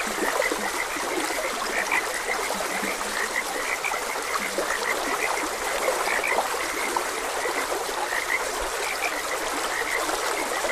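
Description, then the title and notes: Frogs croaking in a dense chorus, many short bright notes overlapping steadily throughout, with a constant rushing hiss of flowing water underneath. Frogs croaking beside a gentle stream. "Gentle Stream and Frogs Croaking - Calming Sounds of Nature. Sleep and Relaxation Podcast"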